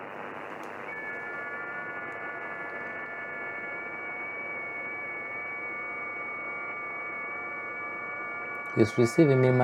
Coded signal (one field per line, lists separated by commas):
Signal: FT8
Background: speech